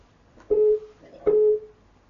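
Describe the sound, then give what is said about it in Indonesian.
A telephone call connecting tone: two steady mid-pitched beeps, each lasting about a quarter second, separated by a short pause, with faint low background hum and no talking. “Telepon lagi Ustaz.”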